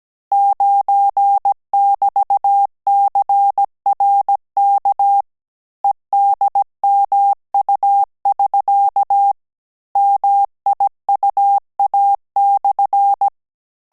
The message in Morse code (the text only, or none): 9<BT>CRK EDMU<SK> MIUA/